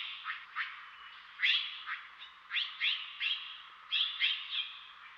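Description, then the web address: Mexican jay calls: repeated short, upslurred ringing notes delivered in uneven runs of two or three, steady background hiss throughout. "Dan Gibson Wildlife Identification By Sound, Western North America. Mexican Jay"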